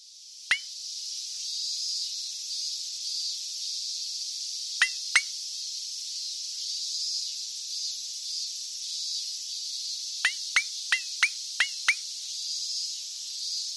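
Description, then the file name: Cicada song: a steady, shrill high-pitched buzzing drone throughout, with occasional sharp clicks, a cluster of rapid clicks near the end. "poppen cicada"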